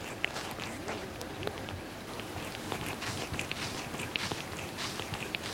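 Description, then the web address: Cat licking and grooming, a steady run of soft wet rasps and clicks, some sharper than others, continuing throughout over a faint hiss. A cat washing itself. "BBC Cats Washing"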